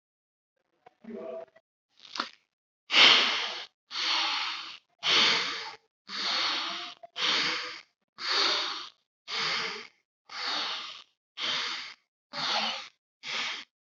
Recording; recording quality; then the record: deep breathing; excellent, no background noise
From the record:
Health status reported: healthy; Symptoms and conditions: diabetes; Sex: male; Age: 38 years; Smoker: not ticked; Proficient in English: yes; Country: India